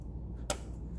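A motorcycle ignition coil pack (stick coil) on a 2006 GSXR 1000 is pushed down into the plug well until its rubber boot snaps over the NGK spark plug terminal. A single sharp click is heard at 0.5 seconds over a low steady hum. The coil boot is seated on the spark plug.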